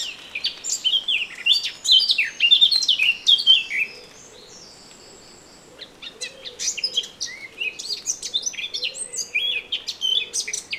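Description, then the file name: Eurasian blackcap giving a loud warbling burst, a pause broken by one thin sustained whistle, then more rapid, varied twittering notes. "Sylvia atricapilla"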